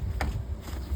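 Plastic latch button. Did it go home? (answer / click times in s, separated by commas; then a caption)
released / 0.2 s. The gray release button on an infant car seat mounted on a Joie Litetrax 3 stroller frame is pressed to unlatch the seat, giving a single sharp click at 0.2 s over a steady low background rumble. The seat is released and lifted off the stroller.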